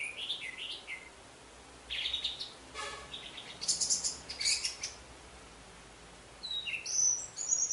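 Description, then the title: Orange-headed thrush with a mix of high whistled phrases and scratchy, buzzy notes in several short bursts, with gaps of quiet between. "Anis Merah"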